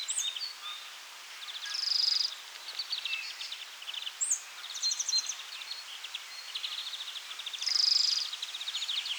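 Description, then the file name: European greenfinch song with chattering trills and twitters between two long nasal wheezes, the second near the end, set against steady background hiss. "Chloris chloris"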